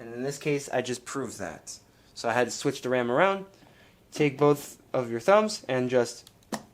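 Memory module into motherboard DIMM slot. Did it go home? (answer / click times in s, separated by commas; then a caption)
no / none. Someone talks while a RAM module, switched around to face the right way, is handled at a motherboard DIMM slot and about to be pressed in with both thumbs. Nothing has seated or clicked yet when the clip ends.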